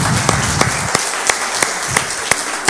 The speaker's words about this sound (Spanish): Así que bueno, agradecemos al Señor, sí, le damos un aplauso al Señor. Claro que sí.